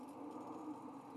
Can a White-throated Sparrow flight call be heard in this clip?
no